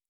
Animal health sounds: hydrophone in a shrimp aquaculture tank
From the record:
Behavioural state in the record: normal

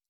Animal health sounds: hydrophone in a shrimp aquaculture tank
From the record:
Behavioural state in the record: stressed

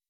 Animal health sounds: hydrophone in a shrimp aquaculture tank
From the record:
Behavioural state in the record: weakened

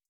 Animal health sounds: hydrophone in a shrimp aquaculture tank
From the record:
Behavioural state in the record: starved

